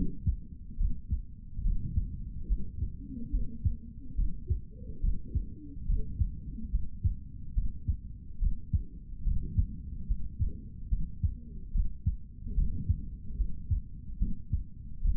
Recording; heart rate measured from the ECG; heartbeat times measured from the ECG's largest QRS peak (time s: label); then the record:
heart sounds by stethoscope; 72 bpm
0.77 s: heartbeat
1.63 s: heartbeat
2.47 s: heartbeat
3.31 s: heartbeat
4.15 s: heartbeat
5.01 s: heartbeat
5.86 s: heartbeat
6.71 s: heartbeat
7.54 s: heartbeat
8.39 s: heartbeat
9.23 s: heartbeat
10.07 s: heartbeat
10.89 s: heartbeat
11.72 s: heartbeat
12.55 s: heartbeat
13.37 s: heartbeat
14.18 s: heartbeat
15.01 s: heartbeat
From the record:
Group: healthy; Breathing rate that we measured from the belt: 17 breaths a minute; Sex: male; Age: 55 years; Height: 167 cm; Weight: 57.2 kg